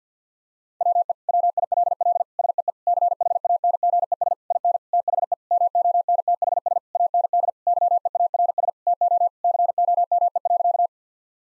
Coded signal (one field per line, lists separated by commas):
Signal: Morse code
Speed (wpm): 50 wpm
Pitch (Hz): 700 Hz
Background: none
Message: WE WILL SEE CHANGES IN THE MONTHS AND YEARS TO COME.